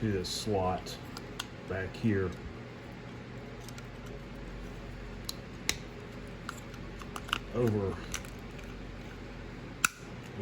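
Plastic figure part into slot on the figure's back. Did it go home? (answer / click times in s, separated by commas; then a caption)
yes / 9.9 s. Someone talks while converting a Transformers Studio Series N.E.S.T. Ratchet action figure, folding a plastic part over and pressing it into a slot on the figure's back, with light plastic ticks from handling along the way. A single sharp, loud click at 9.9 s marks the part snapping into place, seated.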